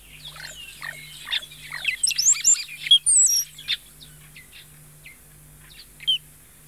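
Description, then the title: Shiny cowbird song: liquid gurgling notes rising into sharp high whistles, a short burst then scattered chips, over a faint broken hum. "Museo de Ciencias de Bahía Blanca - PdA - Tordo Renegrido"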